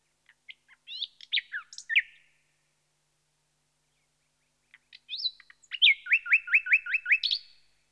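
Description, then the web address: Common nightingale song: a phrase of varied sharp, dropping notes, a pause, then a fast rhythmic series of repeated rich descending notes. "BBC Sound Effects Library. Nightingale"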